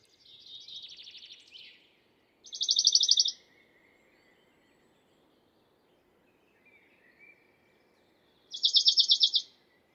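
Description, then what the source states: Western Bonelli's Warbler song: a short, dry, high trill of rapid even notes, given twice about six seconds apart, with softer twittering from another bird at the start. Much simpler song, just a little vibrato; 2 June 2019 at La Carrière, Lesches-en-Diois, same shrub as a chaffinch minutes or hours apart; stereo recording, Mixpr3 recorder, MKH40 microphone.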